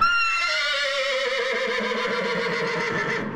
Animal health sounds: contact call of a hoofed animal; horse; whinny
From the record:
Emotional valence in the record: negative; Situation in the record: separation from one group member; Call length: 3.4 s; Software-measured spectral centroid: 2480 Hz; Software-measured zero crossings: 3480 a second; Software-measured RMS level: -24 dBFS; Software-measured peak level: -10 dBFS

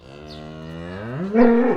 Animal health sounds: contact call of a hoofed animal; cattle; low-frequency (closed-mouth) or high-frequency (open-mouth) call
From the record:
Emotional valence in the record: negative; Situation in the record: full separation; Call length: 1.77 s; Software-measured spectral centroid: 980 Hz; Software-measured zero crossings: 1290 a second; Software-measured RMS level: -20 dBFS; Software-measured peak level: -2 dBFS

